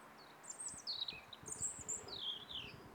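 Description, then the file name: European robin song: rapid, high, liquid warbling phrases that tumble up and down, sweet and varied, with faint low rustling. "Erithacus rubecula"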